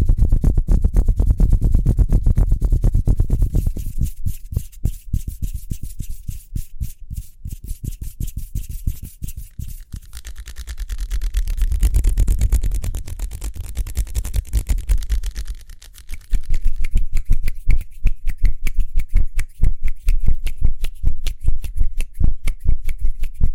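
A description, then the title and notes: Speedy hand sounds: fast, dense rubbing and tapping strokes run throughout with no pauses. The first few seconds carry a heavier low rumble, the middle turns lighter and thinner, and after about 16 seconds the strokes grow louder and crisper. ASMR Speedy Hand Sounds (No Talking).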